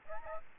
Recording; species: mosquito wingbeat signal from an infrared sensor; Aedes albopictus